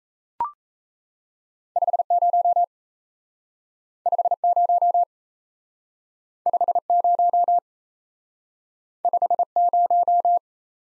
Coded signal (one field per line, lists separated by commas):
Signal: Morse code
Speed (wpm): 33 wpm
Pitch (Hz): 700 Hz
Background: none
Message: 50 50 50 50